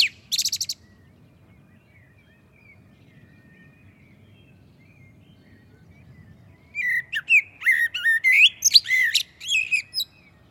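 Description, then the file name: Common blackbird song: a brief high squeak at the start, a long quiet gap, then a lively run of fluty warbles mixed with high twitters. "Turdus merula"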